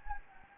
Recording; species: mosquito wingbeat signal from an infrared sensor; Anopheles gambiae